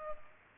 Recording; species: mosquito wingbeat signal from an infrared sensor; Culex pipiens